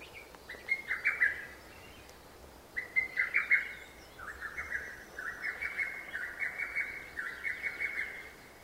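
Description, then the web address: Lesser cuckoo giving several quick phrases of clipped notes, the later ones following closely one after another, over light background noise. "hototogisu nakigoe"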